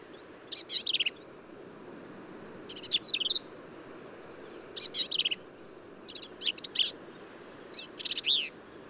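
Black-capped Vireo song of brief, harsh, chattering phrases mixed with thin slurred whistles, delivered about every two seconds against a quiet hiss.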